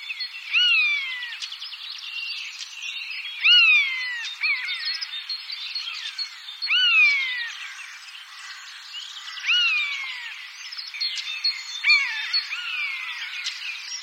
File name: Buse variable